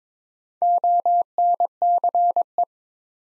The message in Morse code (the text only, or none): ONCE